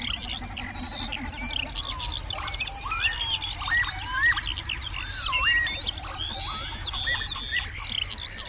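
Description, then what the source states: Northern Lapwing calls: wavy, slurred whistles rising and dipping, densely overlapping. Male in spring courtship display flight over fields or shore meadows in Finland; bill calls with whooshing from rounded wings, important in courtship; flies upside down, circles, abruptly changes direction.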